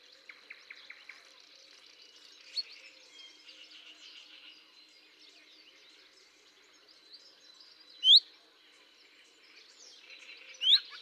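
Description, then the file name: Common chaffinch giving two loud upswept whistled calls late, after a quick series of soft ticking notes and a background of other birds. "Fringilla coelebs"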